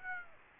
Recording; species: mosquito wingbeat signal from an infrared sensor; Aedes aegypti